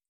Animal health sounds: hydrophone in a shrimp aquaculture tank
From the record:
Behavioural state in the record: feeding

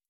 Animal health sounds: hydrophone in a shrimp aquaculture tank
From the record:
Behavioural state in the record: stressed

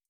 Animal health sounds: hydrophone in a shrimp aquaculture tank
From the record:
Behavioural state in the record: feeding

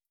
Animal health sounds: hydrophone in a shrimp aquaculture tank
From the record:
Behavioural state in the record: starved

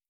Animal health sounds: hydrophone in a shrimp aquaculture tank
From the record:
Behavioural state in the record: starved

